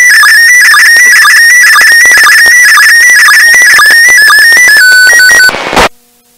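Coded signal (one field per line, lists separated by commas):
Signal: SSTV (slow-scan television)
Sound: warbling tone stepping between pitches around 1.5-2 kHz, crackly clicks, then abrupt burst and silence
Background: radio static clicks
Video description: Slow Scan Television (#SSTV) image transmitted from #ISS the International Space Station.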